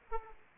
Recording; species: mosquito wingbeat signal from an infrared sensor; Aedes aegypti